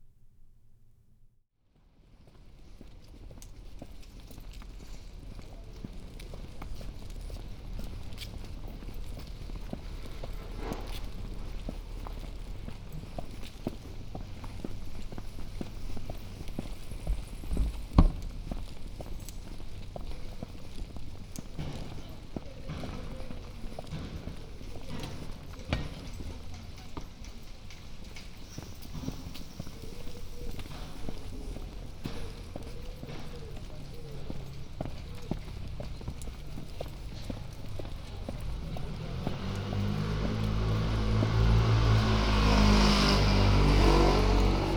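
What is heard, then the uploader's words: A walk down a busy street: steady footsteps and traffic rumble, scattered voices and clatter, growing louder near the end with a passing vehicle. Walking down Mansfield Road, Holywell Street, and Broad Street. From Queen Elizabeth House to Cornmarket Street, on the left-hand side.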